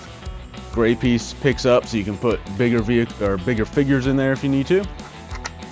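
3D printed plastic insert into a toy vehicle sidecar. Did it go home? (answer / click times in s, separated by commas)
yes / 5.5 s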